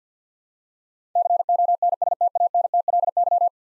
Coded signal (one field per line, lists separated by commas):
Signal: Morse code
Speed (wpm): 50 wpm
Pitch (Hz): 700 Hz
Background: none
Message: CONSTANTLY